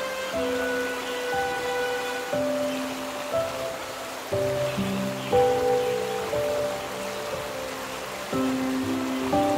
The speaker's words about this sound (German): in dem Moment, als er das Geräusch eines Baches hörte, rannte er darauf zu. Ach, ohne dieses Wasser wäre ich gestorben.